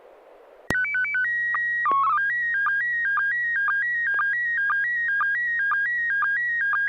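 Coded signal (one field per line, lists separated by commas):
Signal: SSTV (slow-scan television)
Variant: PD 120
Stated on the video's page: SSTV net on a 441.300 MHz FM repeater in Sacramento, images sent with MMSSTV.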